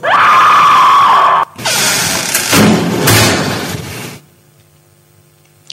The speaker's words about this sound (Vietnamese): Để chiến thắng bản thân, cô đã lấy hết can đảm mở toang cánh cửa phòng thực nghiệm giải phẫu.